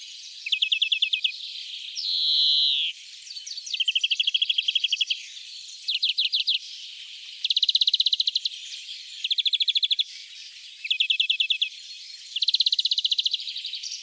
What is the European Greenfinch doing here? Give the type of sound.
song